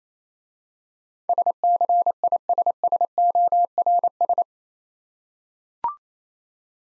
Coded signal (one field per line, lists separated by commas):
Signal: Morse code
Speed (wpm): 26 wpm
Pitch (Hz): 700 Hz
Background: none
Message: SCISSORS